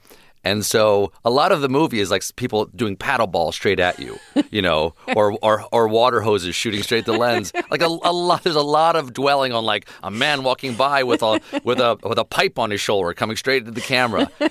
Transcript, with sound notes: And so a lot of the movie is, like, people doing paddleball straight at you, you know, or water hoses shooting straight at the lens.
(LAUGHTER)
Like there's a lot of dwelling on, like, a man walking by with a pipe on his shoulder coming straight into the camera.